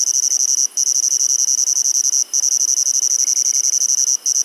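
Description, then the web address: Insect giving a continuous shrill pulsing buzz, high-pitched and even, interrupted by three short silent gaps. "Insect Set 459"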